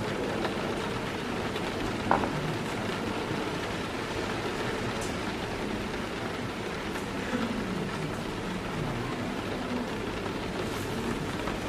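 Rain patters steadily against a window while a low murmur of people chattering at their tables fills the room. A sharp clink of cups rings out around two seconds, with a few lighter taps scattered later, all over an even, dense wash of sound.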